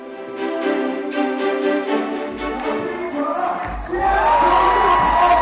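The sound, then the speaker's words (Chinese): Upbeat music with a steady pulsing beat plays, then a crowd at a U19 three-on-three basketball game at the 14th National Games in Xi'an, Shaanxi, China cheers and shouts, the roar growing louder over the last seconds. “动感的音乐，纵情的欢呼，热闹的氛围，第十四届全运会三人制篮球的赛场成为了一片洋溢着青春和活力的海洋。”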